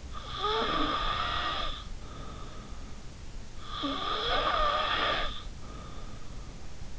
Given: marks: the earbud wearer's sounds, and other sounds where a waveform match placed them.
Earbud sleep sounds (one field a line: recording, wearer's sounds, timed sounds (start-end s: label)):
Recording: sounds in sleep by an in-ear microphone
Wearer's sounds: snoring breath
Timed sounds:
0.15-2.91 s: snoring breath
3.67-6.29 s: snoring breath